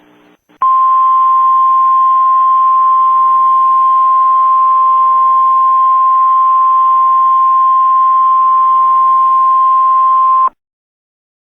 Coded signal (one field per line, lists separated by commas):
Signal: Emergency Alert System (SAME) tones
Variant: 1050 Hz attention tone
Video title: EAS MOCK - The Wildcard of Nature